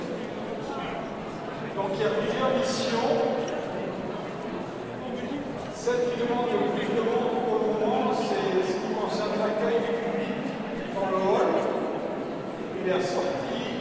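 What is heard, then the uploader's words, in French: A crowd murmurs continuously in a church as people gather before a concert, many voices overlapping into a steady brouhaha. Individual phrases and a few raised voices surface every second or two, with brief swells around four, six and eleven seconds. Etrange brouhaha à l'Eglise St Merry de Paris. Beaucoup de monde pour la préparation d'un concert.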